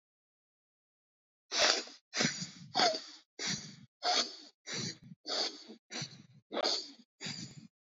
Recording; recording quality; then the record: shallow breathing; excellent, no background noise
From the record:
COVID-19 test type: RT-PCR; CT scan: not taken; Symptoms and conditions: cough, cold, sore throat, fatigue, loss of smell and taste, chronic lung disease, pneumonia, hypertension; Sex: male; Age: 23 years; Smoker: no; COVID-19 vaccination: both doses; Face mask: not worn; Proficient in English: yes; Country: India